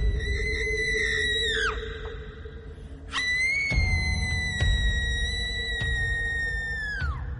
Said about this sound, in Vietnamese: Ấy, lá bùa mà vừa dán lên loay hoay thế nào, trong cái gương vang lên tiếng kêu rên đau đớn, tiếng la hét vang vọng.